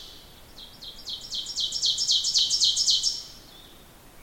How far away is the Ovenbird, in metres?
about 10 m